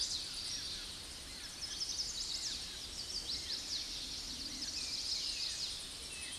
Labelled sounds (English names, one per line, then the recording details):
Chestnut-sided Warbler song
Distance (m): 55 m
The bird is about 10 m above the microphone
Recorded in a Pennsylvania forest on 16 May 2024 at 07:19
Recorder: AudioMoth, point MSD-2377
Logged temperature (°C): 16.1 °C
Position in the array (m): 170 m, 220 m